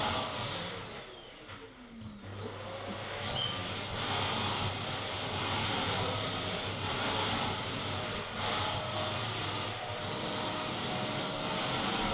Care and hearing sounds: daily activity, microphone in the room; vacuum cleaning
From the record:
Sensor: 4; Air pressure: 1002.9 hPa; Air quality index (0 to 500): 242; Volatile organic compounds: 18 ppm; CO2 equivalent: 2631 ppm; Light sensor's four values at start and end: 4/10/4/4 and 4/11/4/4

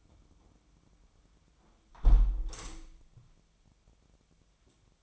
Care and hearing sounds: daily activity, microphone in the room; close window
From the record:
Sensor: 1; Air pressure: 1006.4 hPa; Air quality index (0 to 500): 205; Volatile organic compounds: 22 ppm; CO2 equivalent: 2758 ppm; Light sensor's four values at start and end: 12/31/12/13 and 11/30/11/13

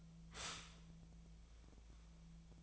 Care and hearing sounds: daily activity, microphone in the room; stop toaster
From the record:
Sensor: 1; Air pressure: 1009.3 hPa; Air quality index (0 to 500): 195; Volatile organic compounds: 19 ppm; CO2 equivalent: 2668 ppm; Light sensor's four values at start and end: 28/71/29/35 and 27/69/28/34

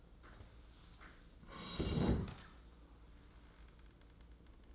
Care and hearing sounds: daily activity, microphone in the room; sit down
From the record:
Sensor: 3

